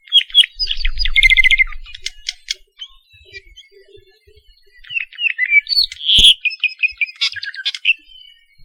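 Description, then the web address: Apapane song, a varied run of buzzy trills, clicks and clear whistled notes, pausing midway then resuming with creaky and whistled phrases. Recorded along Saddle Road, Hawaii. "Saddle Road Birding Songfiles apapanelong"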